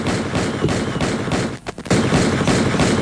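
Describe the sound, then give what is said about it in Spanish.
A gunshot sound effect used for the disparos segment on FM de la Azotea radio: a loud, dense barrage of shots crackling almost continuously for three seconds, with a brief drop in the middle before the volley resumes. No one speaks. “Bueno, como no gustaba el disparo, nos interfirieron también el disparo. Va de vuelta.”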